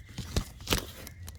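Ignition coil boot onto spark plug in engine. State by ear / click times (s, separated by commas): not seated / none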